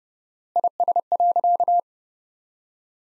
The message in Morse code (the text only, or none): IS.